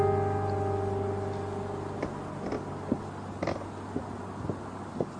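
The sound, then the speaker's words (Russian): A steady low hum fades out as a series of short, rough pig grunts and snorts begins, coming in irregular bursts every half second or so. “Что вы со своей свиньей лезете, а?”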